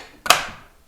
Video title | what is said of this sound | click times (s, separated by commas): JessEm vs. Rockler - Router Lift Comparison #routertable #woodworking #toolreview | and then putting it back in it just snaps into place | 0.3 s